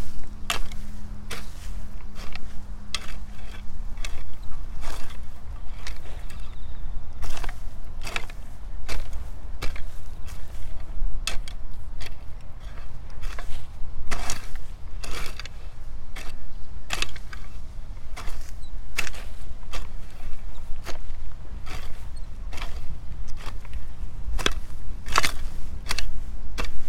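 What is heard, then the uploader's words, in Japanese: Weeding and cultivating between carrot rows on a late-summer morning, with irregular sharp clicks and snips coming every second or so, like shears cutting weeds and a hoe scraping soil. A steady low rumble runs underneath throughout, and a faint hum sounds in the first few seconds. 残暑の午前中 人参中耕と除草。32℃\\23 ℃/晴れのち曇り。クワで通路の草を取り払い、ハサミで人参の近くに生えた大きめの草を切り、さらに草抑えと土の中に空気を送るため軽くスジ蒔きした人参の列の間を耕します(中耕)。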